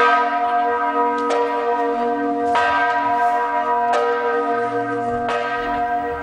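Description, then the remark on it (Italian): Church bells ring powerfully, with loud strikes about every second and a half over a rich, sustained hum of overlapping tones that never fades between blows. No voices are heard. “E abbiamo recuperato un suono possente di campane”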